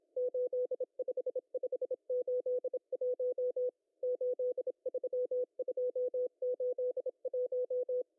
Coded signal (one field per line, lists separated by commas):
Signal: Morse code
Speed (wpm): 26 wpm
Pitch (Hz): 500 Hz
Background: none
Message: 85581 83281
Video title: M12 5863kHz CW 0030UTC 03/10/2023